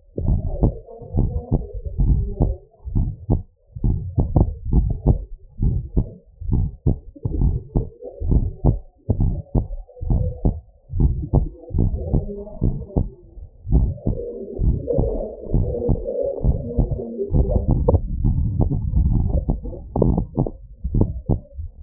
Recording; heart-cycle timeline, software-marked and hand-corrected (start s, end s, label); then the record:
heart sounds
0.00	0.26	diastole
0.26	0.40	S1
0.40	0.62	systole
0.62	0.72	S2
0.72	1.16	diastole
1.16	1.30	S1
1.30	1.52	systole
1.52	1.62	S2
1.62	2.02	diastole
2.02	2.18	S1
2.18	2.40	systole
2.40	2.52	S2
2.52	2.96	diastole
2.96	3.08	S1
3.08	3.30	systole
3.30	3.40	S2
3.40	3.86	diastole
3.86	3.98	S1
3.98	4.18	systole
4.18	4.30	S2
4.30	4.74	diastole
4.74	4.88	S1
4.88	5.06	systole
5.06	5.18	S2
5.18	5.64	diastole
5.64	5.78	S1
5.78	5.98	systole
5.98	6.06	S2
6.06	6.52	diastole
6.52	6.66	S1
6.66	6.86	systole
6.86	6.96	S2
6.96	7.40	diastole
7.40	7.54	S1
7.54	7.76	systole
7.76	7.86	S2
7.86	8.30	diastole
8.30	8.44	S1
8.44	8.64	systole
8.64	8.76	S2
8.76	9.20	diastole
9.20	9.34	S1
9.34	9.56	systole
9.56	9.66	S2
9.66	10.10	diastole
10.10	10.24	S1
10.24	10.46	systole
10.46	10.56	S2
10.56	11.00	diastole
11.00	11.16	S1
11.16	11.34	systole
11.34	11.44	S2
11.44	11.80	diastole
11.80	11.92	S1
11.92	12.12	systole
12.12	12.22	S2
12.22	12.68	diastole
12.68	12.80	S1
12.80	13.02	systole
13.02	13.14	S2
13.14	13.72	diastole
13.72	13.90	S1
13.90	14.08	systole
14.08	14.18	S2
14.18	14.62	diastole
14.62	14.78	S1
14.78	15.00	systole
15.00	15.12	S2
15.12	15.54	diastole
15.54	15.66	S1
15.66	15.90	systole
15.90	16.00	S2
16.00	16.46	diastole
16.46	16.58	S1
16.58	16.78	systole
16.78	16.90	S2
16.90	17.34	diastole
17.34	17.48	S1
17.48	17.70	systole
17.70	17.84	S2
17.84	18.22	diastole
18.22	18.34	S1
18.34	18.50	systole
18.50	18.58	S2
18.58	18.96	diastole
18.96	19.12	S1
19.12	19.32	systole
19.32	19.46	S2
19.46	20.00	diastole
20.00	20.16	S1
20.16	20.38	systole
20.38	20.48	S2
20.48	20.94	diastole
20.94	21.08	S1
21.08	21.30	systole
21.30	21.40	S2
21.40	21.84	diastole
From the record:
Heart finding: normal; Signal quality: good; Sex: female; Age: 81 years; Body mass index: 30